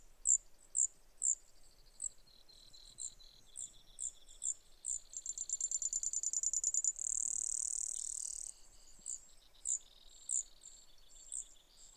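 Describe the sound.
Brewer's sparrow, high chip notes repeated about every half second, a run of quick trills and a buzzy stretch midway, then chips resume.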